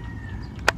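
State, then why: Seated. A flight battery is pushed into the battery bay of a DJI Phantom 3 Standard quadcopter, with its socket lined up, over a low steady background hum. A faint tick at about 0.6 s is followed by a sharp, bright click at 0.7 s as the battery latches and seats in the bay.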